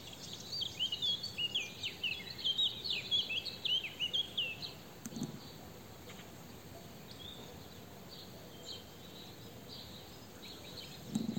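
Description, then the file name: Eurasian blackcap calls and chattering notes, a burst of quick, scratchy high phrases in the first five seconds, then faint scattered chips over steady background hiss. "Sylvia atricapilla"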